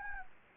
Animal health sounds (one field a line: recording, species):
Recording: mosquito wingbeat signal from an infrared sensor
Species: Anopheles gambiae